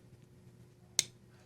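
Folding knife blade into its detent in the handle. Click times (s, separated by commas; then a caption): 1.0 s. The steel blade of a Griffin Company Scout F3 folding knife is swung closed (or out of the closed position) so the detent ball in the handle engages the blade. A single sharp, bright click sounds at 1.0 s over a quiet, low hum. The detent seats firmly, giving a nice solid click.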